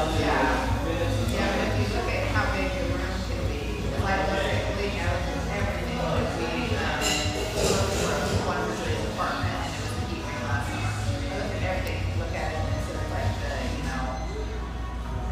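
Lively chatter fills a spacious tea room, many voices overlapping into a steady, dense murmur with no pauses. Individual words rarely stand out; a low constant hum sits underneath, and brief clinks and shuffles surface around the seventh and eighth seconds.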